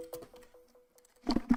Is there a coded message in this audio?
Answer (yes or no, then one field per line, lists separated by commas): no